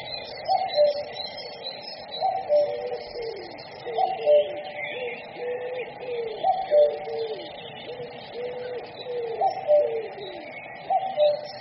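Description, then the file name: Common cuckoo calling, soft two-note descending cu-coo phrases repeated roughly every one and a half to two seconds, over background noise. "cuculo"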